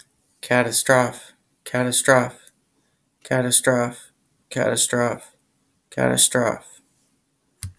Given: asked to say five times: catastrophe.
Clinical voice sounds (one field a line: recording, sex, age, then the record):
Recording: repeated word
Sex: male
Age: 30 to 39 years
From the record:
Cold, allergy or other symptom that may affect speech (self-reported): no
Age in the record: 33 years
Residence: United States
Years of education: 12